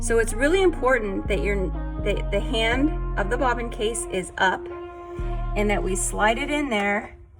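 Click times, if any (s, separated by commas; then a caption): none. A woman talks over background music while a metal bobbin case, held with its latch up so the needle won't hit metal and break, is slid into the front-loading hook of a sewing machine. The clip ends before the case goes home, and nothing has clicked or seated yet.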